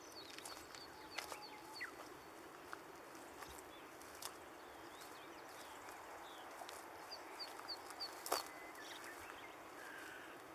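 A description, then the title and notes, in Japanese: A walk through overgrown riverside growth toward the riverbank, with a steady airy hiss of wind and leaves throughout. Small birds chirp sparsely and high, and occasional sharp clicks of twigs or steps stand out, the loudest near eight seconds. 生い茂ってきた多摩川ジャンルを歩いて、河原の方へ向かいます。先日の台風で増水した川も落ち着き、なぎ倒された草木や、流れ出した泥があちこちに。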